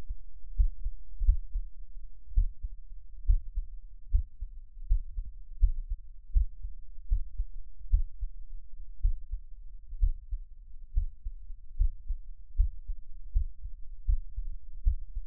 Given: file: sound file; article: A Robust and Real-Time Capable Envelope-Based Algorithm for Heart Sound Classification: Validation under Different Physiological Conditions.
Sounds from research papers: heart sounds by electronic stethoscope; after 5 min of sport; deep; sitting; Erb’s point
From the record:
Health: healthy, no known heart disease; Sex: male

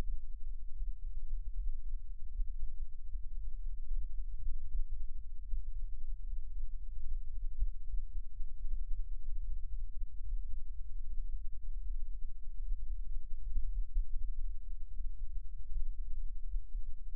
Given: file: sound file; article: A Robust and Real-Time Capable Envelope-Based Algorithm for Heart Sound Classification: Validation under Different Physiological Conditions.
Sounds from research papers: heart sounds by electronic stethoscope; rest; normal; sitting; left side of the back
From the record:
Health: healthy, no known heart disease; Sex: male

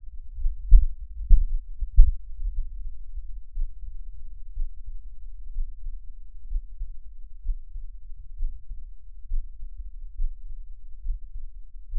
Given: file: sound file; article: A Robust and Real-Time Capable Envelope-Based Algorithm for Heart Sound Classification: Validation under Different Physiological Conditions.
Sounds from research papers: heart sounds by electronic stethoscope; rest; normal; sitting; sternum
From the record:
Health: healthy, no known heart disease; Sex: male

